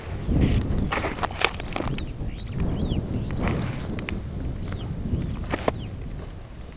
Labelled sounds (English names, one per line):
Superb Starling flight call